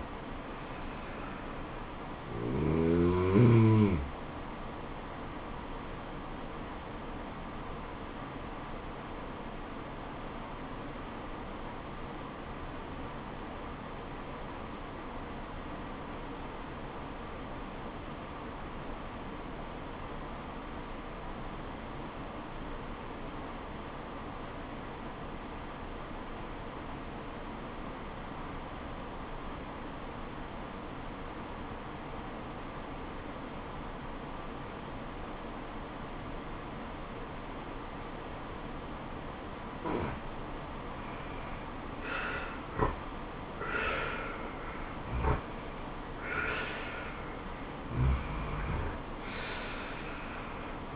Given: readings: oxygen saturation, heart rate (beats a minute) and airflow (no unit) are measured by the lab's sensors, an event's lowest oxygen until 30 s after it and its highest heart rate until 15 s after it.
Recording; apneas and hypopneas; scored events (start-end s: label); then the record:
breathing in sleep by a voice recorder at the bedside; 1
10.00-42.70 s: obstructive apnea (REM, oxygen 96% highest, then 84% lowest, heart rate 76 at the start, 79 highest)
From the record:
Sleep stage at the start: REM sleep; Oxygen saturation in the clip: 88 to 96%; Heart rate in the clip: 66 to 79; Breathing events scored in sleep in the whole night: 426 in 7.4 hours asleep